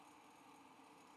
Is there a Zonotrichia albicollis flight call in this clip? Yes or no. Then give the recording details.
no. No flight call is heard. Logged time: 05:54 on 5 December 2014